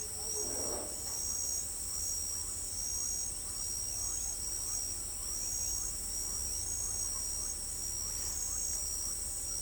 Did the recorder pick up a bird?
no